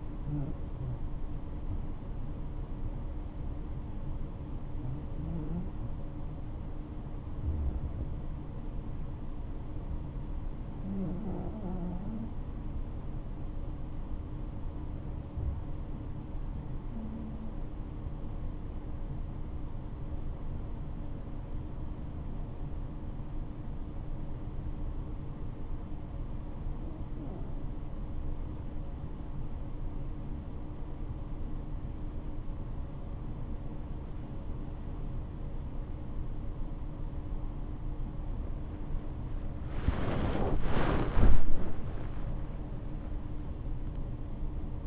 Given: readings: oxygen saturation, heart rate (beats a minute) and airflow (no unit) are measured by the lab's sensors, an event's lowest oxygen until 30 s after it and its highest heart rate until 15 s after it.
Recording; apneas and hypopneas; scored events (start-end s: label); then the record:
breathing in sleep by a smartphone at the bedside; 1
14.00-36.50 s: hypopnea (N2, oxygen 96% highest, then 87% lowest, heart rate 66 at the start, 90 highest)
27.00-44.87 s: new sleep stage, awake
29.00-44.87 s: awake
From the record:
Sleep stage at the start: N2 (light sleep); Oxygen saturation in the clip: 88 to 96%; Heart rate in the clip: 64 to 89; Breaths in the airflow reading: 8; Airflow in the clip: -9.4 to 9.8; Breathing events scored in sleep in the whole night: 228 in 5.4 hours asleep